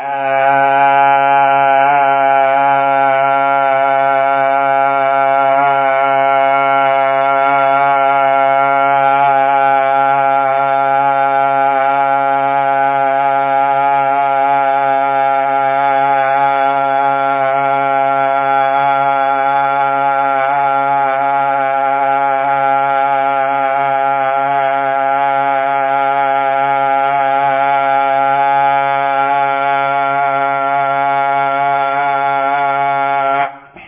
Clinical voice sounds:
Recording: sustained vowel /a/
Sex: male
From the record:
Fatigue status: no fatigue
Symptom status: asymptomatic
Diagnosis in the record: COVID-19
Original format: 3gp

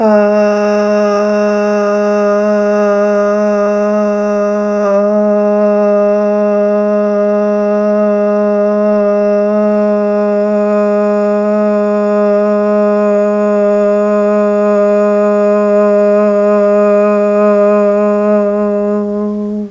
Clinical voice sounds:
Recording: sustained vowel /a/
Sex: female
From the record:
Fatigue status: no fatigue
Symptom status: asymptomatic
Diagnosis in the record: COVID-19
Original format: m4a

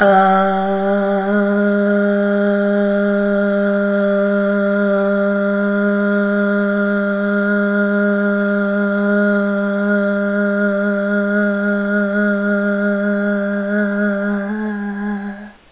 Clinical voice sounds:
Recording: sustained vowel /a/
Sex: female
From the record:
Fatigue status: no fatigue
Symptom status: asymptomatic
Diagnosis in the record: COVID-19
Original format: 3gp

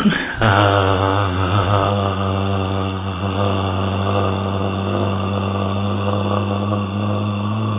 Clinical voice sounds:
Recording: sustained vowel /a/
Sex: male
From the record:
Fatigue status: no fatigue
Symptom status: asymptomatic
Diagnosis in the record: COVID-19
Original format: 3gp

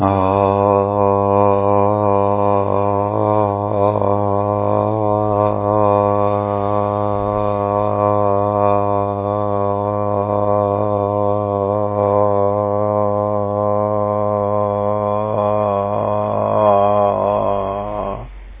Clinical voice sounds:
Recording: sustained vowel /a/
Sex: male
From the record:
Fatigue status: no fatigue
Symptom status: asymptomatic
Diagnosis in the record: COVID-19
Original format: 3gp

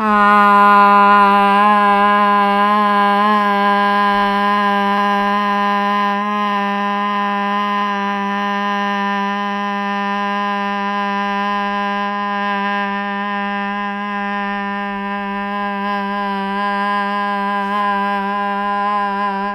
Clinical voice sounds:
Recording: sustained vowel /a/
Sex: female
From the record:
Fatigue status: no fatigue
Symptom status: asymptomatic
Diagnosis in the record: COVID-19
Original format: m4a

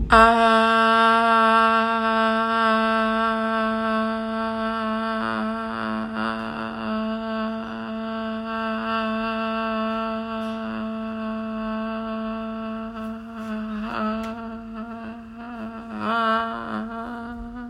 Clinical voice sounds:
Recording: sustained vowel /a/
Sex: female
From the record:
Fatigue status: fatigue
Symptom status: symptomatic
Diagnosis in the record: COVID-19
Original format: m4a

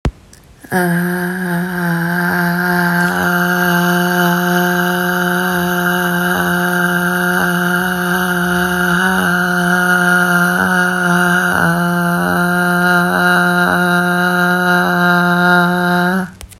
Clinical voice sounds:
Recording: sustained vowel /a/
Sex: female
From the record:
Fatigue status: no fatigue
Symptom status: asymptomatic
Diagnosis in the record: COVID-19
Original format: m4a

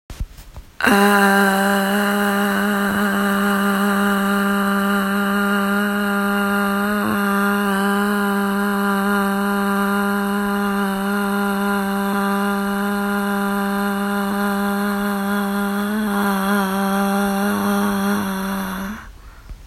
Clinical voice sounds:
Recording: sustained vowel /a/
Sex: female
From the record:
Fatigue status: no fatigue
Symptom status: asymptomatic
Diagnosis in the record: COVID-19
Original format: m4a

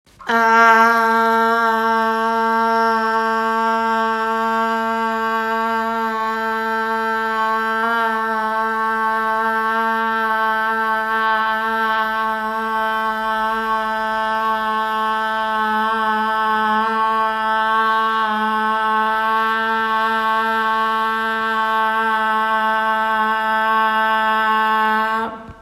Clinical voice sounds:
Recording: sustained vowel /a/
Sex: female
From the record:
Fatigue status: no fatigue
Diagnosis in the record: COVID-19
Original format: m4a

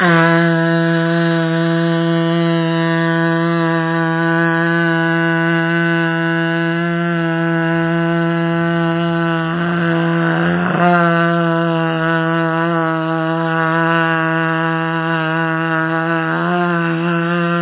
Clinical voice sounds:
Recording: sustained vowel /a/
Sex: female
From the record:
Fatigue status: fatigue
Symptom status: symptomatic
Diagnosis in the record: COVID-19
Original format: 3gp

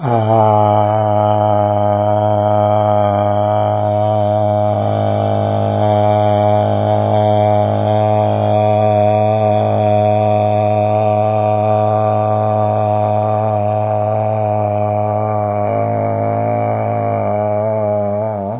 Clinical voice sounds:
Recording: sustained vowel /a/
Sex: male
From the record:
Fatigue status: no fatigue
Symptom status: asymptomatic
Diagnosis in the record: COVID-19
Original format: 3gp

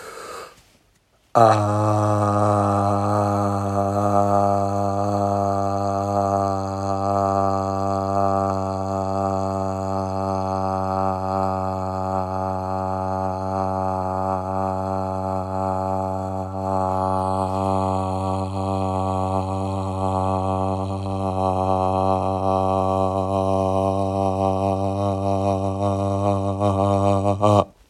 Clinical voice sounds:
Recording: sustained vowel /a/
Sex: male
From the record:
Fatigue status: no fatigue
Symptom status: asymptomatic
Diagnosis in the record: COVID-19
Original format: m4a

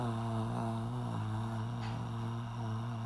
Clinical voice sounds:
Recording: sustained vowel /a/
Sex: female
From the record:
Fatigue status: fatigue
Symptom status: symptomatic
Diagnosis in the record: COVID-19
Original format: m4a

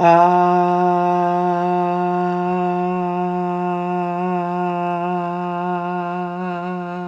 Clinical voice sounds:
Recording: sustained vowel /a/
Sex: female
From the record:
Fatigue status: no fatigue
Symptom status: asymptomatic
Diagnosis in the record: COVID-19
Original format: m4a

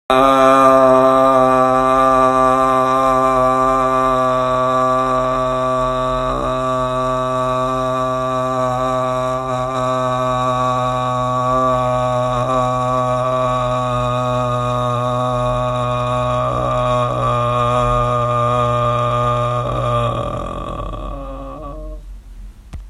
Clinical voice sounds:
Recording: sustained vowel /a/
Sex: male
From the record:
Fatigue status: no fatigue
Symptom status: asymptomatic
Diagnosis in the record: COVID-19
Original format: m4a

